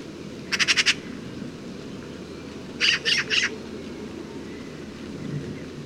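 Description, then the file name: Eurasian magpie chattering in two harsh, rapid rattles of several dry notes each, about two seconds apart, over a steady low rumble. "Pica pica"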